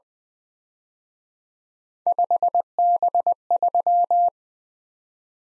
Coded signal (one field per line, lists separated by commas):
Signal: Morse code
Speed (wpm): 20 wpm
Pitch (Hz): 700 Hz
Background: none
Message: 5B3